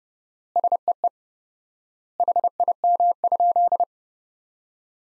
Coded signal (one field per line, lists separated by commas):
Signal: Morse code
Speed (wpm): 32 wpm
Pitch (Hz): 700 Hz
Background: none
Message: SEE HIM?